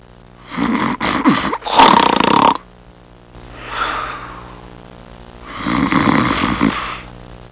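Loud, rough, fluttering snores come in bursts, with a quieter breathy exhale between them, about three snore cycles across seven seconds. The sound is ordinary snoring.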